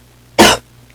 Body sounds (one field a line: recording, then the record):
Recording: coughing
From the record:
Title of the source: 61 morning phlegmy cough...again